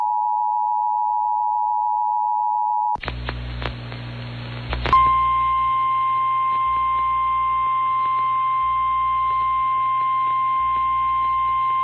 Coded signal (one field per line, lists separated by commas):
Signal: Emergency Alert System (SAME) tones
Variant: 853 and 960 Hz attention tone